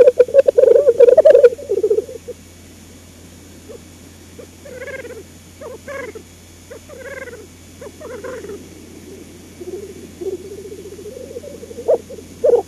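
Black grouse bubbling, a loud pulsed rolling phrase at the start, then softer scattered cooing notes and another rolling phrase near the end.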